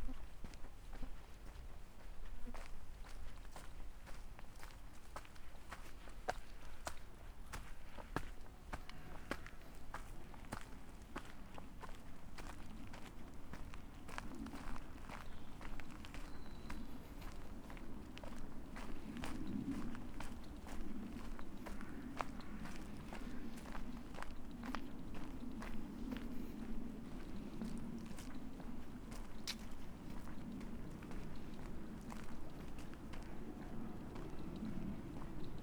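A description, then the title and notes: Footsteps walking through Tivoli Park toward Prešernova Cesta in Ljubljana, with short, crisp steps ticking at a steady, regular pace throughout. Underneath runs a constant low rumble, and faint voices surface now and then. Out of the Woods, Into the City. A walk from the top of Tivoli Park to Prešernova Cesta in Ljubljana, Slovenia.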